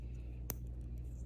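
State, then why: Seated. A reversed plug on a finished LCI Y cable is plugged in from the right and slid into its socket on an AC control unit. It snaps in with a single sharp click at 0.5 s over a steady low hum. The plug is seated.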